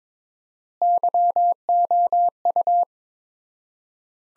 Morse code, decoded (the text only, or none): YOU